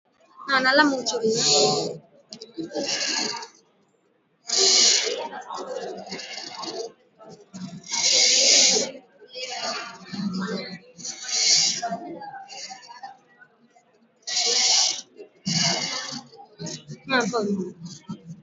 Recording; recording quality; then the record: shallow breathing; excellent, no background noise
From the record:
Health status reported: healthy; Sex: female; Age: 45 years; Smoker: no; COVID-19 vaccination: one dose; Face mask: worn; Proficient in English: no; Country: India